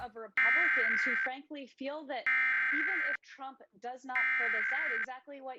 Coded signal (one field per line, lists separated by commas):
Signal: Emergency Alert System (SAME) tones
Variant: header bursts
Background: speech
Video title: Emergency Alert System Monthly Test November 2020 Recorded - SIX FM stations at once (plus bonus TV)